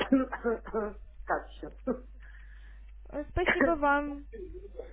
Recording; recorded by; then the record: voluntary cough; telephone call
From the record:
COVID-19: negative